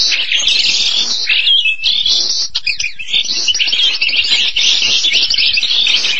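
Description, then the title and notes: Starling pouring out fast, harsh chatter woven with clear whistled phrases, steady and unbroken throughout. "details Jalak. suara burung jalak"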